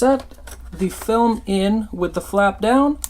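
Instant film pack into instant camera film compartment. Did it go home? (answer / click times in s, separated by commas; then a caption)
no / none. An instant film pack is slid, flap side down, into the open film door of a vintage Polaroid 600 instant camera while someone talks throughout. Only faint handling sounds sit beneath the voice. The pack has not clicked or seated yet.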